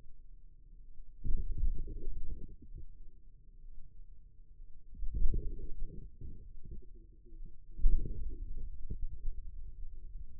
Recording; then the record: forearm muscle sounds (acoustic myography)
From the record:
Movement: radial deviation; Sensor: system 2, bracelet of six BSWA MPA416 microphones around the upper forearm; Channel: 4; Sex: male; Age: 22 years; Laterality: right